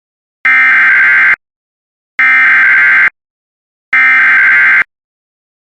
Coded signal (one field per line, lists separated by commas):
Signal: Emergency Alert System (SAME) tones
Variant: header bursts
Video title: SVR for Calhoun and Chickasaw, MS (EAS 179)